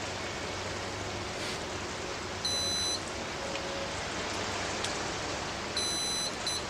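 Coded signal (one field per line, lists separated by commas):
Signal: beep code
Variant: RC car ESC programming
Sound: high harmonic beeps over loud hiss: one long beep, then a long and a short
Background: steady hiss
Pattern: 1 long, 1 short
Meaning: Programming category six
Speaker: I want you guys to hear six and seven though because they are these sound a little different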